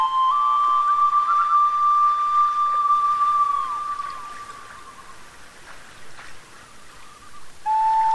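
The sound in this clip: Loon giving a long drawn-out wail: a clear sustained note that steps up slightly, holds for several seconds and fades, then another wail begins at the end.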